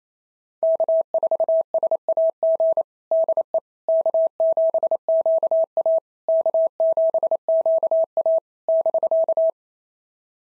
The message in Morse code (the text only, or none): K4SAG DE K7QA K7QA <BK>